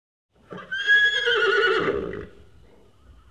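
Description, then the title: Horse neighing once, a loud harmonic whinny that wavers and trembles for about two seconds before fading, with a faint low noise afterward. "NHK Sound Effects Collection - Frogs, Crickets, Cicadas, Horses, Dogs"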